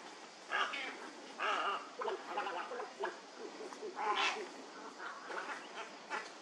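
Heron calls: hoarse, grating squawks in short bursts, separated by brief quieter gaps.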